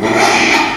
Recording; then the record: squeal of a Yucatan mini pig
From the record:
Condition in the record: after surgery on the right vocal fold (resection and tissue-engineered implant); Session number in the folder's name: 2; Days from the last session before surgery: 13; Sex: male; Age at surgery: 12 weeks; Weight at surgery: 13 kg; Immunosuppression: cyclosporine, prednisolone